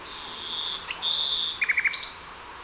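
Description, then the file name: Common nightingale song: two long, pure, high whistled notes, then a quick run of four sharp chopped notes and a final high flourish. "Luscinia megarhynchos"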